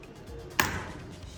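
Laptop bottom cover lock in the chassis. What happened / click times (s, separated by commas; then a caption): A cover latch snapped open / 0.6 s. A plastic tool pries at the second bottom-cover lock in the chassis of a 2016–2017 MacBook Pro, working against the aluminium bottom plate after several attempts and with some difficulty. At 0.6 s the lock pops open with a single sharp click over quiet background noise. The lock is released.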